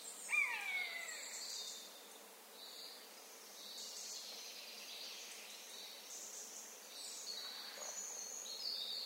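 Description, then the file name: Eurasian jay, one descending mew at the very start, followed by busy high-pitched songbird twittering. "Garrulus glandarius"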